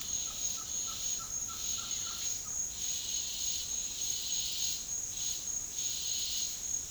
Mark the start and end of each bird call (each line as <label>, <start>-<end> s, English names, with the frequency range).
Green-backed Trogon (0.8-1.9 kHz), 0.00-2.56 s